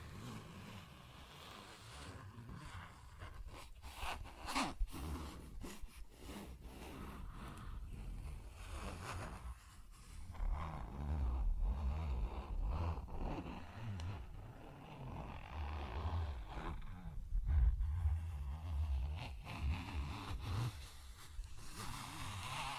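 Tapping and scratching sounds over a constant low rumble, with sharp clicks and short taps scattered throughout, densest around 4–6 seconds. Brief zipping and rubbing bursts appear near 10, 12 and 17 seconds, when the low rumble also swells.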